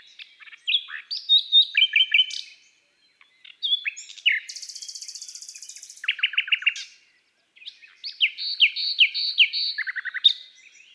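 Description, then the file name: Common nightingale singing varied phrases: short note clusters, a high buzzy trill, pauses, then rhythmic repeated chirps. Woodland and forest birdsong. "Rossignol philomele Chants doiseaux des bois et des forets"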